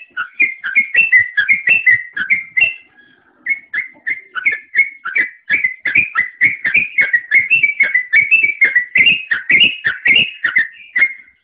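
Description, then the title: Oriental magpie-robin delivering quick repeated whistles that swing up and down in pitch, broken by one short gap, then continuing in a steady rhythmic stream. "Kicau Kacer"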